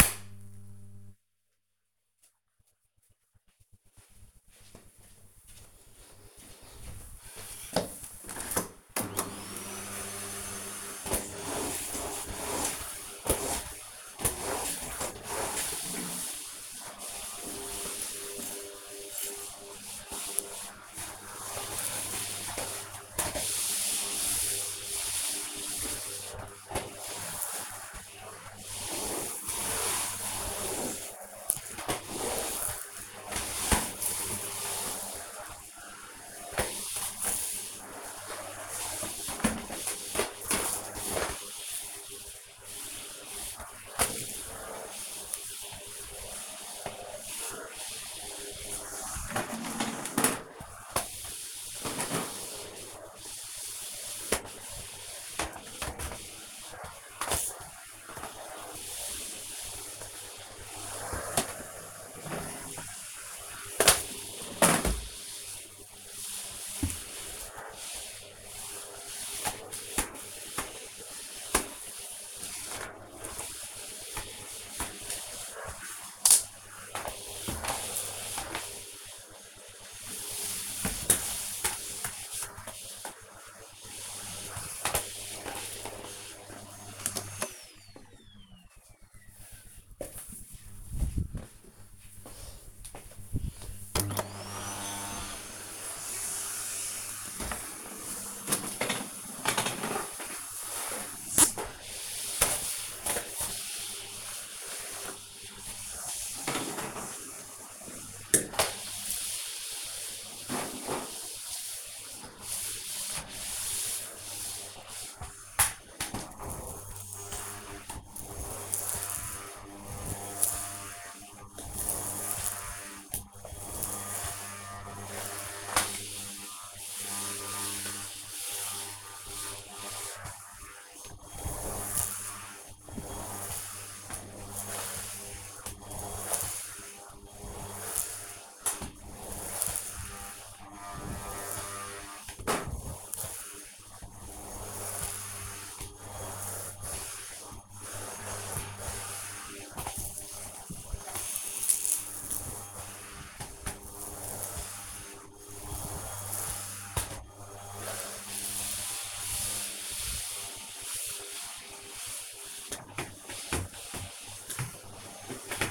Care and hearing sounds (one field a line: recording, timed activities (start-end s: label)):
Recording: household activities, microphone on the right wrist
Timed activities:
9.04-87.64 s: vacuum cleaning
93.69-165.71 s: vacuum cleaning